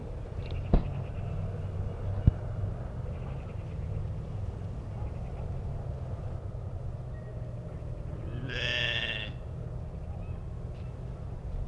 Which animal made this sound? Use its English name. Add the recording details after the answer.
Argali. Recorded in captivity. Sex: female. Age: adult. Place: Tierpark Berlin, Berlin, DE. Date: 1965-08-16 18:00. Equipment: Uher 4000 Report-S, Transistorverstärker, Sennheiser MD 421. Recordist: Tembrock, Günter